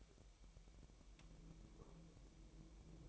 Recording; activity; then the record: daily activity, microphone in the room; take from stove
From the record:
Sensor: 1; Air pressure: 1002.0 hPa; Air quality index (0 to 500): 247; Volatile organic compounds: 51 ppm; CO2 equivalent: 3306 ppm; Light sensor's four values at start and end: 5/13/5/6 and 5/13/5/6